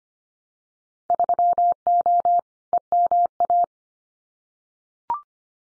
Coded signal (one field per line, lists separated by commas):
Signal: Morse code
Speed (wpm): 25 wpm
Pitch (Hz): 700 Hz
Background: none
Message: 3O EMA